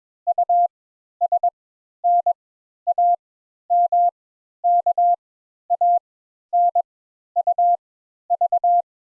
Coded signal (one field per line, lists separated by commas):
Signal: Morse code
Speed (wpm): 21 wpm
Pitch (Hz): 700 Hz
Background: none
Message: U S N A M K A N U V